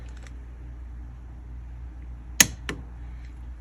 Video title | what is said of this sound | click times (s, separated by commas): SRT 392 Spark Plug Replacement (bonus content a look inside a combustion chamber) | there you hear that click now we're going to come over | 2.4 s